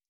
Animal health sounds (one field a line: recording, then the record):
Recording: hydrophone in a shrimp aquaculture tank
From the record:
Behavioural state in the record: stressed